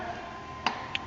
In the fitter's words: step pop the boot back on top to here snap and you're